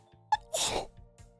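A single sneeze: a brief voiced catch, then a sharp, airy burst lasting about half a second.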